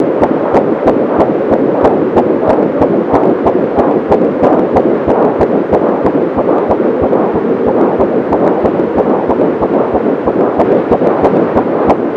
Fetal Heartbeat.